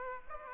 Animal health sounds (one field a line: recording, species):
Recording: mosquito wingbeat signal from an infrared sensor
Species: Aedes aegypti